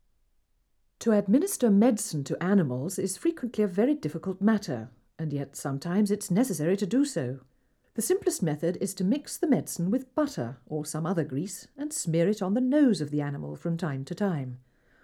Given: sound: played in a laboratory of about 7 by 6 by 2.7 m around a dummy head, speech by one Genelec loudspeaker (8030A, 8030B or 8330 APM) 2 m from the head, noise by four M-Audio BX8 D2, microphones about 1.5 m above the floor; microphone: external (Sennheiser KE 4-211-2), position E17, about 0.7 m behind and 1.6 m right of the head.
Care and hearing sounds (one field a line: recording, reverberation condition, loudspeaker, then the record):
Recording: female speech in English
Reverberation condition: low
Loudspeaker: 120 degrees to the right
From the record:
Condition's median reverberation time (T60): about 310 ms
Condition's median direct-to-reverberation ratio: about 3.5 dB